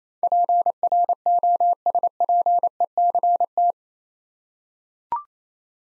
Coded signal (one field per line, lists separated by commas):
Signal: Morse code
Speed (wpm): 28 wpm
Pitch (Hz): 700 Hz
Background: none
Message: PROSPECT